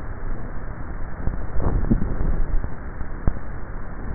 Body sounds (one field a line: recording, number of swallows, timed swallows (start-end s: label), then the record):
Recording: swallowing sounds by neck microphone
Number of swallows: 1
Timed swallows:
1.68-2.52 s: swallow
From the record:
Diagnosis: dysphagia